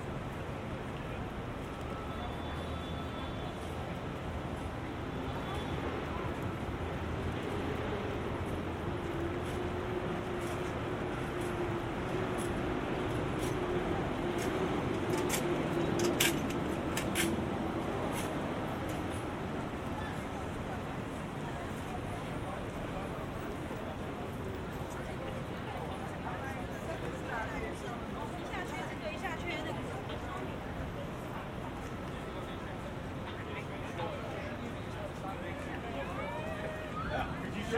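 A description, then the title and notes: A walk through busy city streets, with a constant dense wash of traffic and crowd noise. Voices murmur throughout, and a low rumbling swell builds around the middle as something large passes by, then the steady street din carries on. A twenty-five minute binaural recording of a walk from Grand Central Terminal to Times Square. A walk from Grand Central to Times Square.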